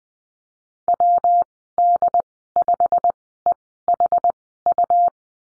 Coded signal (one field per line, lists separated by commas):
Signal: Morse code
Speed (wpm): 19 wpm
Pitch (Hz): 700 Hz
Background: none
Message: WD5EHU